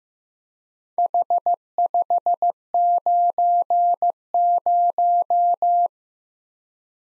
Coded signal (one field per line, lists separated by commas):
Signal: Morse code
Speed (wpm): 15 wpm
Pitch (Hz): 700 Hz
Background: none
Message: H590